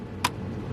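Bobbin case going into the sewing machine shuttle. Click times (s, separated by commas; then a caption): 0.2 s. A bobbin case on a 1941 Kenmore zig zag sewing machine is turned into the shuttle until it stops turning. A single sharp click at 0.3 s stands out over a steady low hum. The bobbin case is seated in place.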